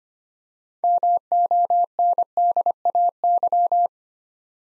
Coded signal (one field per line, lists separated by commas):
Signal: Morse code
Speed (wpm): 25 wpm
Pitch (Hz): 700 Hz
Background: none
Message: MONDAY